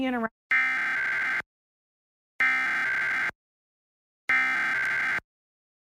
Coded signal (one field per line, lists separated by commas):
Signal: Emergency Alert System (SAME) tones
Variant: header bursts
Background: speech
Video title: Various Emergency Alert System (EAS) Tests - Month of 10/2021